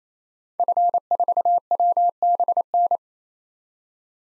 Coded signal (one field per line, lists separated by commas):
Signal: Morse code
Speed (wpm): 28 wpm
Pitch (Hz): 700 Hz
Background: none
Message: F4WBN